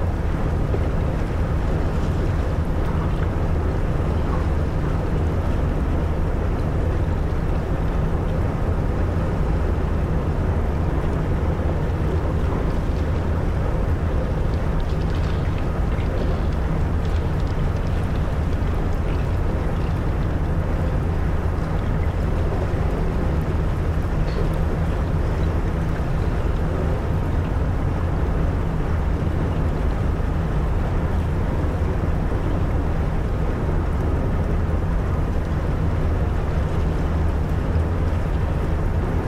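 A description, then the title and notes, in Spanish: A ship's engines drone steadily through icy waters, a dense low hum with a faint rhythmic pulse that never lets up. Higher up, a soft wash of hiss rides over the rumble, with a few brief clicks and knocks around the middle. Un rompehielos navegando por el helado mar Báltico cerca de la mágica Laponia finlandesa. Escucha el zumbido rítmico de los motores del barco mientras cortan las aguas heladas.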